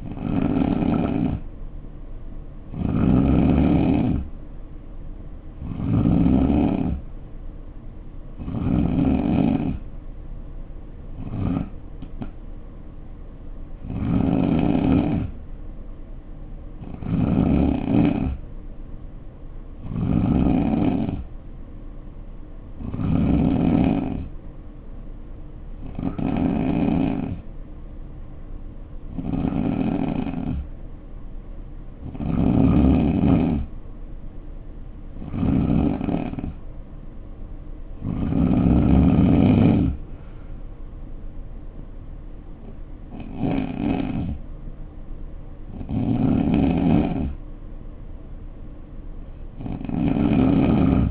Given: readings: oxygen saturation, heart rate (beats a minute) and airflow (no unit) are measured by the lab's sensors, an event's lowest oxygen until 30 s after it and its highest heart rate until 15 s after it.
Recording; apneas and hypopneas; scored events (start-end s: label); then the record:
breathing in sleep by a smartphone at the bedside; none
none scored
From the record:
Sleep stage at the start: N2 (light sleep); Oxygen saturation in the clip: 87 to 90%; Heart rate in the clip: 58 to 64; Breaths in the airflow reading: 17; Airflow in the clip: -4.1 to 3.9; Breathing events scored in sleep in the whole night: 520 in 7.2 hours asleep